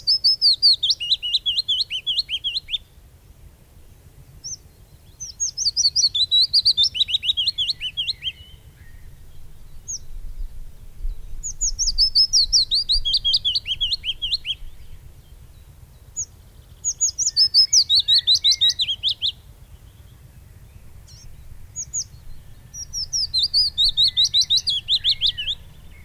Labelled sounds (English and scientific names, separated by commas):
Willow Warbler (Phylloscopus trochilus) song